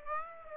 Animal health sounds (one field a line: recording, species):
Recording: mosquito wingbeat signal from an infrared sensor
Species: Aedes aegypti